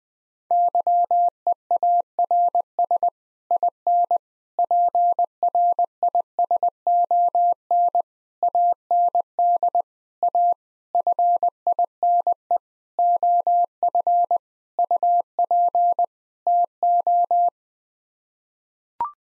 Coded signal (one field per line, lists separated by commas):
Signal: Morse code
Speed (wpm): 20 wpm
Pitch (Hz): 700 Hz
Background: none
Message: YEARS IN PRISON AND A FINE OF UP TO